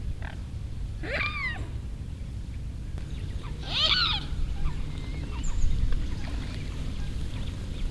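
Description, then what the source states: Swan calls: two short harmonic, wavering calls that bend downward, with thin whistles from other birds and a steady low rumble beneath. Recorded at Lake Constance.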